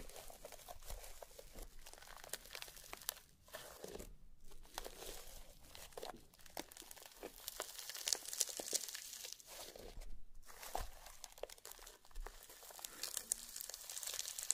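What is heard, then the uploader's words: Wet, sticky slime sounds crackle and squish almost without pause, a dense run of small pops and crinkles bright in the upper range. Brief silences break it near four and ten seconds, and sharper clicks stand out around eight and thirteen seconds. Some various mixed sounds.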